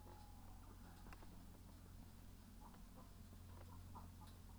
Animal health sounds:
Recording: poultry house recording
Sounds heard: sick chickens (respiratory disease)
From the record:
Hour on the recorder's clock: 14

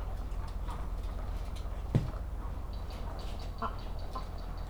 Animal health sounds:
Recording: poultry house recording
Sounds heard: sick chickens (respiratory disease)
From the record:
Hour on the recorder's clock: 8

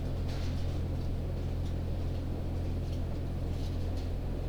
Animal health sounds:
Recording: poultry house recording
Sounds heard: no chicken sound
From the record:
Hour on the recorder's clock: 22

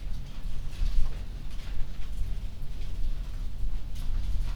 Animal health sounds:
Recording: poultry house recording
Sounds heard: no chicken sound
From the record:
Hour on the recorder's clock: 21

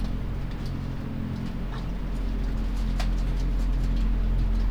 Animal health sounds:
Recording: poultry house recording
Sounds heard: sick chickens (respiratory disease)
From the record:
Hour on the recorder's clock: 22

